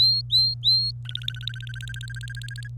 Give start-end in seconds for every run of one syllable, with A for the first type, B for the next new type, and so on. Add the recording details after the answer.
0.00-0.91 A, 1.05-2.68 B. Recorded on 25 April 2018 at 11:59. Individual llb3